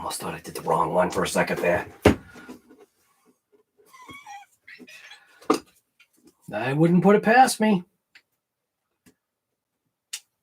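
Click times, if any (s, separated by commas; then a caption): 10.1 s. A wire connector is pushed into its mating socket during soldering prep while someone talks, with a few faint taps and a sharper knock around 5.5 s. A short, sharp click comes at 10.1 s, but the connector is not fully home and needs to go a little further.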